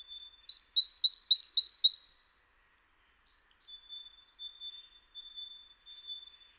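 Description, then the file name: Great tit giving one quick run of bright, high two-note phrases lasting about two seconds, followed by faint, soft twittering. "Parus major"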